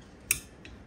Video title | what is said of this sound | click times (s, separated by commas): 2008 KIA Sportage - How to REPLACE your OLD Worn Out Windshield wipers | you're just gonna push it down like this on it and then pull up it should lock you'll hear a click | 0.3 s